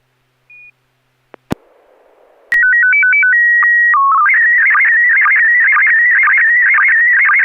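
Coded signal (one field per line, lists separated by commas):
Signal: SSTV (slow-scan television)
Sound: short beep, clicks, steady whistle header, then warbling chirpy tone with regular low blips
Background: FM repeater hiss, squelch clicks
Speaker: kp4md if you're not ready i could send something but if you are ready go ahead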